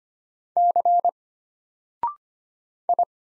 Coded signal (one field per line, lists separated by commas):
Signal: Morse code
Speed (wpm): 25 wpm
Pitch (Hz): 700 Hz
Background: none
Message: C I